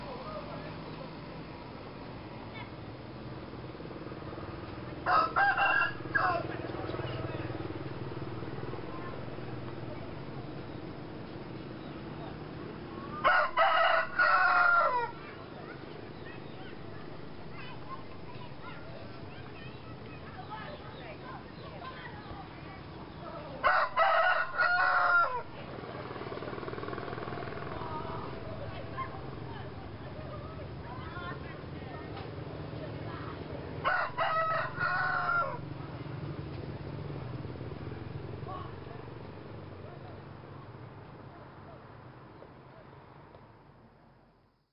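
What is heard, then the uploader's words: Children play along a riverbank in the late afternoon, their voices a low, steady murmur. A rooster crows loudly four times, about every ten seconds, standing out above the soft outdoor hum before the sound fades near the end. Children playing along the banks of the Nam Kham river in the late afternoon in Luang Prabang, Laos.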